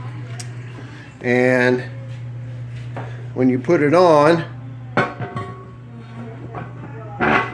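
A metal lid without a rubber gasket is being put onto a pressure canner pot, to be turned until it locks into place. Someone talks over background music, with brief sharp sounds near 0.4 and 3.0 seconds. The clip ends before the lid goes home, so nothing has seated or locked yet.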